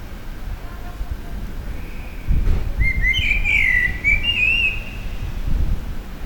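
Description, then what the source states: Common blackbird singing a mellow warbled phrase of slurred whistles, lasting about two seconds amid low rumbling background noise. Recorded at a petrol station in April 2021.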